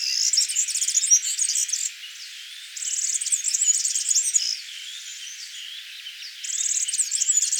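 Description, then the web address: European serin song: high, jingling, rapid buzzy trills of glassy notes in bursts of one to two seconds, with short pauses between, over faint background twittering. "vogelstimmen girlitz gesang nabu lars lachmann"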